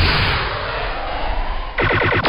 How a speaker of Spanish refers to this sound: ¿Eh? ¿Qué está ocurriendo? ¿Qué son esos disparos?